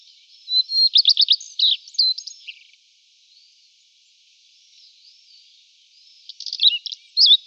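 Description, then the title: Common redstart singing twice: a high whistle leads into a rapid jangling trill and a few scratchy notes, then a second, shorter phrase of similar notes. "Sylvain Jaskowiak - Mes piafs. Rougequeue à front blanc"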